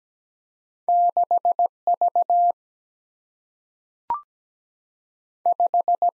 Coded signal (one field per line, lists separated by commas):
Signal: Morse code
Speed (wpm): 17 wpm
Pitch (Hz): 700 Hz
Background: none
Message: 6 V 5